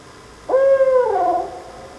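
Single owl hoot, a level tone held briefly before dipping and fading out, with nothing else audible beyond faint background hiss.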